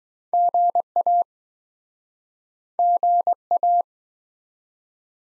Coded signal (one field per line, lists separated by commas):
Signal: Morse code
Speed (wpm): 25 wpm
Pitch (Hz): 700 Hz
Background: none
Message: GA GA